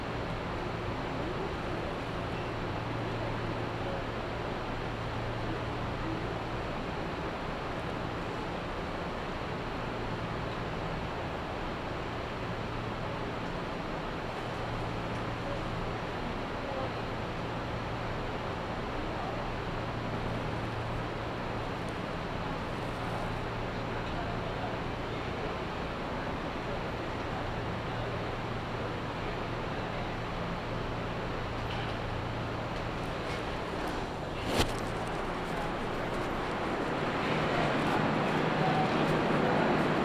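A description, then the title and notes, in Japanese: Recorded aboard a local train on a suburban line, with a steady low rumble and a pulsing hum that comes and goes through the first half. A sharp click sounds around 35 seconds, then the noise swells louder and brighter as the train gathers speed. 近鉄 伊勢若松（特急通過待ち）→白子（特急通過待ち・普通乗り換え）→千里。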